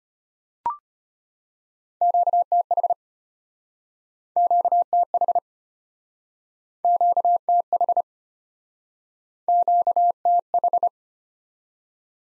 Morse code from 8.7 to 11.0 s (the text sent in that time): QTH